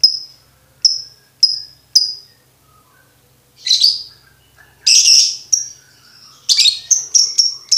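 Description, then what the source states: Lovebird calls: four evenly spaced piercing chirps, then harsh grating bursts and a quick string of high chirps at the close. Bird-tutoring (masteran) recording no. 2, played for birds to learn ngekek.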